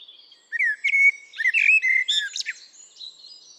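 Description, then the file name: Common blackbird warbling a flowing run of mellow whistled notes mixed with higher squeaky twitters, fading into soft high tones at the end. "Turdus merula"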